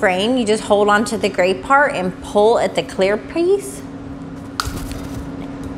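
Someone talks while holding the gray frame of a Siesta Nasal CPAP mask from React Health and pulling at the clear silicone nose cushion. The cushion pops off the frame with a sharp snap at 4.6 s, followed by a couple of faint ticks over a quiet hum.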